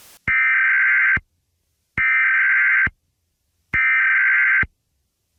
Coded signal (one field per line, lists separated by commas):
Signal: Emergency Alert System (SAME) tones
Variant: header bursts